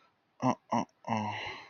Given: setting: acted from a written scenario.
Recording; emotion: vocal sound without words; embarrassment